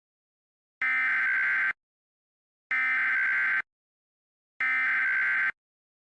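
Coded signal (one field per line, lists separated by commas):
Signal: Emergency Alert System (SAME) tones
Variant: header bursts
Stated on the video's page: Simulated EAS alert for a film's meteor shower scenario, using valid SAME tones that could cause false activations.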